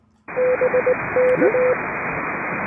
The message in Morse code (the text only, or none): BK